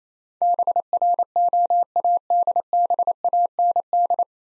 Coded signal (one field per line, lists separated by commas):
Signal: Morse code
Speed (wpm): 28 wpm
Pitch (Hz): 700 Hz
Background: none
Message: BROADBAND